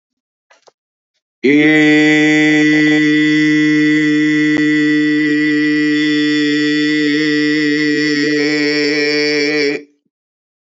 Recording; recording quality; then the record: sustained vowel as in made; excellent, no background noise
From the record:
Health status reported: healthy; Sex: male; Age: 52 years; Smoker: yes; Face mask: not worn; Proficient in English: yes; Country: India